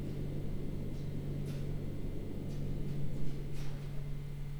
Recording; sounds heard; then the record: poultry house recording; no chicken sound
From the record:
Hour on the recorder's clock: 10